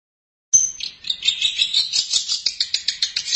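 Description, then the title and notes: Long-tailed Shrike song: a fast chattering stream of high, buzzy and squeaky notes, growing into an even, rhythmic series of sharp notes. "Pentet 201703. Suara burung pentet"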